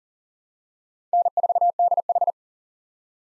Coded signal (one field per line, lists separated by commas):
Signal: Morse code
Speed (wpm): 40 wpm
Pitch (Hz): 700 Hz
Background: none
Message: N4DH